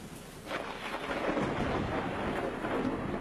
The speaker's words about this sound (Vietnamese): Ở bên ngoài, chẳng biết từ bao giờ, không hề có báo trước, bỗng nhiên trời đổ cơn mưa tầm tã.